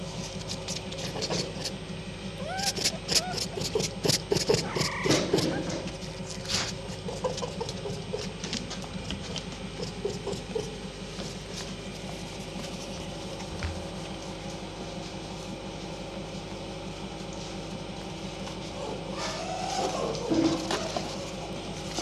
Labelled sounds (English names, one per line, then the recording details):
Red Fox
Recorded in captivity
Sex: diverse
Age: diverse
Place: Zoologisches Institut der HUB, Berlin, DE
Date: 1956-05-18 13:15
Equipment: Elmetra
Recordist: Tembrock, Günter